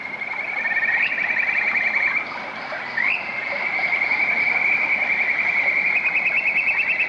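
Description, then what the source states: Kajika frog calling with high, clear whistled trills, each phrase opening with a quick rising note near one and three seconds, then a long, steady pulsed series. Field recording, Miyagi, Japan.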